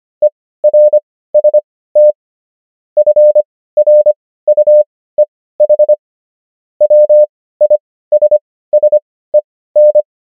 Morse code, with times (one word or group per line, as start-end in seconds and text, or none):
0.2-2.1 ERST
3.0-5.9 FRUEH
6.8-10.0 WISSEN